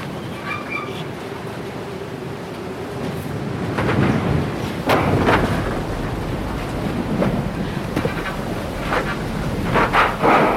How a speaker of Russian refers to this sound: Дует сильный ветер. Собирается буря.